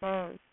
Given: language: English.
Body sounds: throat vibration sensor signal played as sound; speech

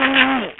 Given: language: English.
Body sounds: throat vibration sensor signal played as sound; throat clearing

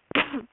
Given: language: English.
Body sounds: throat vibration sensor signal played as sound; cough

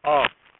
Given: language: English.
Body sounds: throat vibration sensor signal played as sound; speech

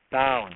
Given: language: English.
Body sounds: throat vibration sensor signal played as sound; speech

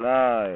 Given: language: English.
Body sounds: throat vibration sensor signal played as sound; speech

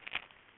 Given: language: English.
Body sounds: throat vibration sensor signal played as sound; swallow

